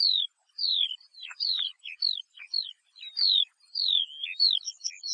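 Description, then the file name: Eurasian Skylark song of high, slurred, downward-sweeping whistles and short chirps, delivered in quick, uneven bursts with brief gaps between phrases. "Allodola"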